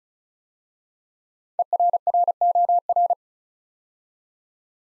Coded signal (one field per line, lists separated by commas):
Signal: Morse code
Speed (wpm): 36 wpm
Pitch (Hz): 700 Hz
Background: none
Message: ERROR